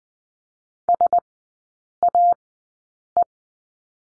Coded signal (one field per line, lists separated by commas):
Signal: Morse code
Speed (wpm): 20 wpm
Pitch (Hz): 700 Hz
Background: none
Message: SAE